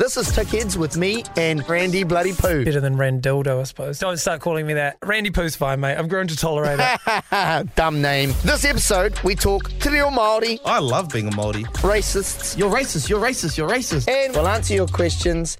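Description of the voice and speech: Two men banter; one, who has Tourette's, interjects abrupt, repeated phrases out of context (such as repeatedly calling out an accusation of racism): vocal tics of Tourette syndrome.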